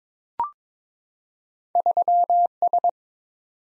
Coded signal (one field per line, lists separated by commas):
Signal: Morse code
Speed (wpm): 21 wpm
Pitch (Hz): 700 Hz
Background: none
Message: 3S